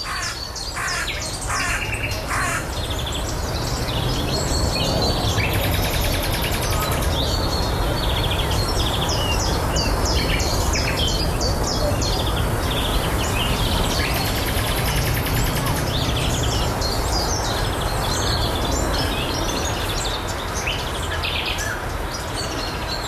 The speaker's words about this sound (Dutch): Kon ze haar oren wel geloven? Ja, de eerste nachtegaal. Opgenomen aan de Gooimeerkust te Huizen.